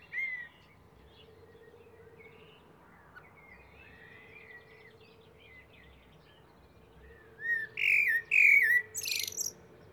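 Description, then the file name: Common blackbird singing: faint scattered warbled notes, then a loud mellow whistled phrase ending in a high, squeaky twitter, over a steady low hum. "Turdus merula"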